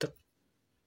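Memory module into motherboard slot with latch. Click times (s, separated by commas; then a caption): 0.0 s. A memory module, its notch aligned with the motherboard slot, is pushed in until the slot's latch snaps closed with a sharp click at 0.0 s. The click dies away within about 0.2 s, and the module is seated and locked.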